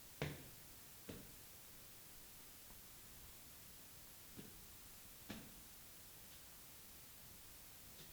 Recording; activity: daily activity, guitar pickup as the sensor; go upstairs